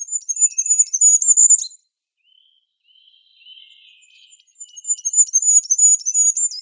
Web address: Schulze Peter Goldcrest song